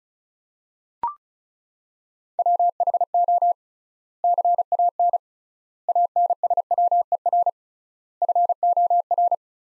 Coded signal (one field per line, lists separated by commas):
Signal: Morse code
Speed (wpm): 36 wpm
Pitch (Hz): 700 Hz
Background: none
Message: WHO CAN ANSWER FOR